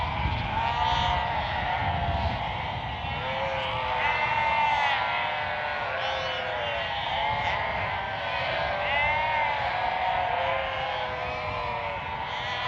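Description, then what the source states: Sheep bleats pile up in a constant chorus, repeated bent quavering cries from many animals overlapping, with some low rumbling in the background. Sheep bleating at a prairie.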